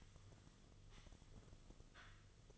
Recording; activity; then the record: daily activity, microphone in the room; sweep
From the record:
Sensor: 4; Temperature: 26.3 degrees Celsius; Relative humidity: 32.1%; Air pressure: 1005.6 hPa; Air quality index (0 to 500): 110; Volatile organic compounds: 3 ppm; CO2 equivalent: 1367 ppm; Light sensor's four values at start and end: 13/29/11/11 and 12/28/11/10